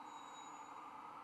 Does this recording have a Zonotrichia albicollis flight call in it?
no